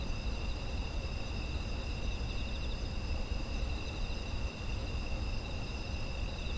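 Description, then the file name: Insects in a steady chorus, several continuous high trills layered at different pitches, some faintly pulsing, over a constant low rumble. Autumn insect ambient sound. "秋の虫の環境音"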